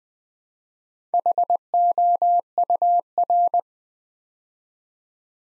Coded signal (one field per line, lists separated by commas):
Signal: Morse code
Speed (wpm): 20 wpm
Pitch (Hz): 700 Hz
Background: none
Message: HOUR